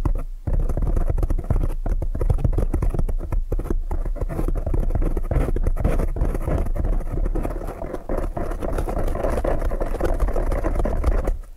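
Tapping triggers fill the recording, a dense, fast run of soft, dull taps with a low, thumping body and little brightness. The taps keep up nearly without pause across the twelve seconds, with only brief gaps near the start and around the second and fourth seconds.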